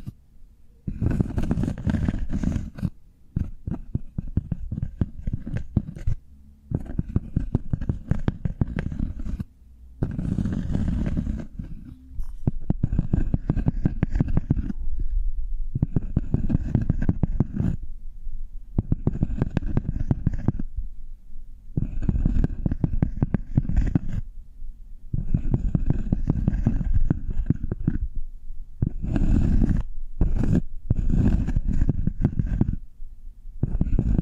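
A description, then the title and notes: Cork sounds come in dense crackling bursts of a few seconds each, separated by short silences, with a low, rumbling body throughout. ASMR Cork Triggers. (No Talking).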